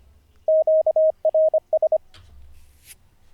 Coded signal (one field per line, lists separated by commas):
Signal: Morse code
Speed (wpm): 25 wpm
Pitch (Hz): 630 Hz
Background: none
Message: QRS